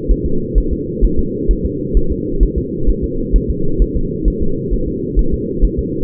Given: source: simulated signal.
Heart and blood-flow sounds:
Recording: fetal heart sounds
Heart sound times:
0.11 s: S1
0.26 s: S2
0.58 s: S1
0.73 s: S2
1.05 s: S1
1.19 s: S2
1.51 s: S1
1.65 s: S2
1.97 s: S1
2.12 s: S2
2.43 s: S1
2.58 s: S2
2.89 s: S1
3.04 s: S2
3.36 s: S1
3.50 s: S2
3.82 s: S1
3.96 s: S2
4.28 s: S1
4.42 s: S2
4.74 s: S1
4.88 s: S2
5.19 s: S1
5.34 s: S2
5.65 s: S1
5.79 s: S2
From the record:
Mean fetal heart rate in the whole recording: 130 bpm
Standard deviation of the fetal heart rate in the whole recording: 2 bpm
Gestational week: 36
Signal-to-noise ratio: -8.1 dB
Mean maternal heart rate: 72 bpm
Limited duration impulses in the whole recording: absent

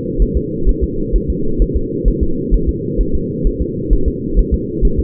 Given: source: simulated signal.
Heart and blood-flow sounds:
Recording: fetal heart sounds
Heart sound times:
0.22 s: S1
0.37 s: S2
0.69 s: S1
0.84 s: S2
1.16 s: S1
1.30 s: S2
1.62 s: S1
1.77 s: S2
2.08 s: S1
2.23 s: S2
2.54 s: S1
2.69 s: S2
3.01 s: S1
3.15 s: S2
3.47 s: S1
3.62 s: S2
3.93 s: S1
4.08 s: S2
4.39 s: S1
4.54 s: S2
4.85 s: S1
4.99 s: S2
From the record:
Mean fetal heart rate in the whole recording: 130 bpm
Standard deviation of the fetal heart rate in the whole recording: 2 bpm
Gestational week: 36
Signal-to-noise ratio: -8.1 dB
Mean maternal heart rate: 72 bpm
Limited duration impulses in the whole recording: absent

